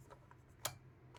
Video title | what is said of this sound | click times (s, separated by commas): 5 CUBES I CAN'T SOLVE! #rubikscube | you have to align it first Like You Hear The Click | 0.7 s